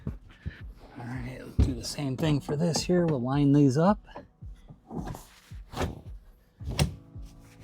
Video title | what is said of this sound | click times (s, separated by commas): I Was Left Completely Alone to Drive & Upgrade Our RV! | And there we go. They just kind of snap into place. | 6.8 s